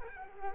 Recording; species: mosquito wingbeat signal from an infrared sensor; Culex quinquefasciatus